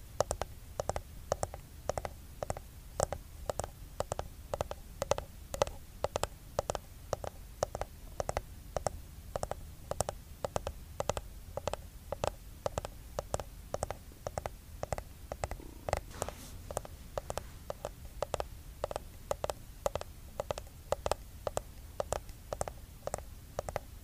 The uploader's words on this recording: Skincare product tapping. Blue yeti microphone.